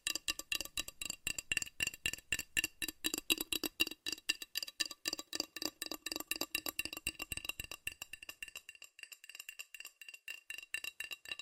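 Fast, furious tapping on metal, a dense run of sharp, bright clinks coming many times per second with ringing tones on top. The hits stay rapid throughout, though after about eight seconds the low body of each strike drops away, leaving thinner, brighter ticks.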